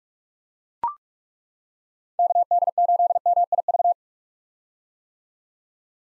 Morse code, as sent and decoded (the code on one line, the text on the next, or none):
-.- -.. ---.. -- .. ...-
KD8MIV